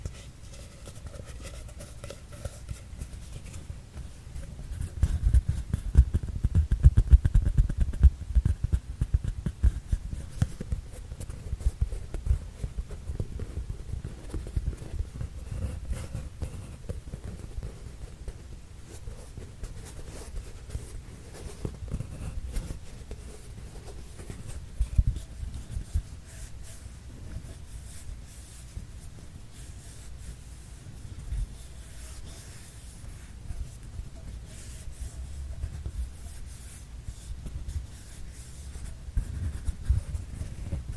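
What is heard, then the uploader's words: Paper tube handled with low, muffled rubbing and scraping, busiest around five to eight seconds, then continuing in softer, irregular bursts. PAPER TUBE SOUND ASMR.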